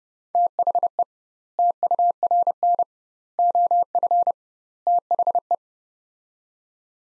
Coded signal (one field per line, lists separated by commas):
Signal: Morse code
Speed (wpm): 30 wpm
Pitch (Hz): 700 Hz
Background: none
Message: THE TURN OF THE